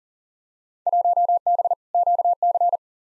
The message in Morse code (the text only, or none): 1B QC